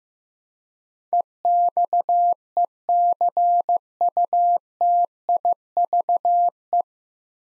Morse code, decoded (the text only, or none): EXECUTIVE